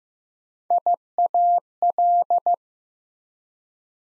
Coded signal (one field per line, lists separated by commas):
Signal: Morse code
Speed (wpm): 15 wpm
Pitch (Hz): 700 Hz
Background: none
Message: IAL